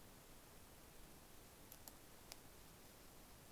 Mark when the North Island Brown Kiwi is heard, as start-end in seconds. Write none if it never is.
none